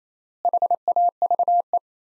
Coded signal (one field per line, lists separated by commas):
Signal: Morse code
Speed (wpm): 28 wpm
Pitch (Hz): 700 Hz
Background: none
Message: HAVE